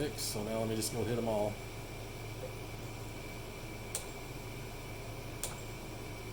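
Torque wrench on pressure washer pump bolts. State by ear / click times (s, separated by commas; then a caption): torque reached / 3.9 s, 5.4 s. Someone talks briefly over a steady background hum, then a torque wrench goes around the bolts of a Cat pressure washer pump during a rebuild to re-check them. It gives two short, sharp clicks at its setting, at 4.0 s and 5.4 s, with the bolts only about 1/16 of a turn from clicking.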